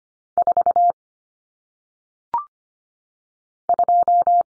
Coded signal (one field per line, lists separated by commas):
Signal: Morse code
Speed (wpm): 25 wpm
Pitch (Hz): 700 Hz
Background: none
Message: 4 2